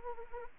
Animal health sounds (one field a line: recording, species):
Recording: mosquito wingbeat signal from an infrared sensor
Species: Anopheles arabiensis